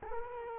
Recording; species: mosquito wingbeat signal from an infrared sensor; Culex quinquefasciatus